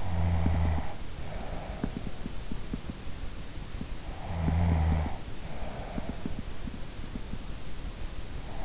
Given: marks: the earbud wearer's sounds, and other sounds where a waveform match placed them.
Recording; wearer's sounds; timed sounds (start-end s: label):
sounds in sleep by an in-ear microphone; snoring breath
0.00-2.27 s: snoring breath
4.20-6.42 s: snoring breath